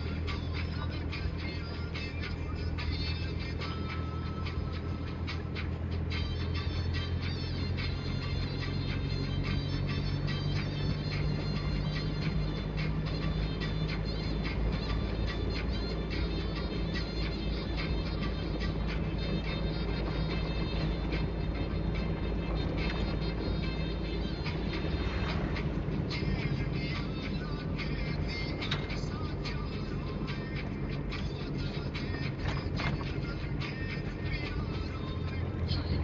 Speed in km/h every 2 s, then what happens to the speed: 27, 27, 28, 30, 32, 34, 36, 36, 35, 36, 36, 35, 33, 32, 31, 29, 28, 30.
0-12 speeds up to 36. 12-21 steady at about 36. 21-31 slows to 28.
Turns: none.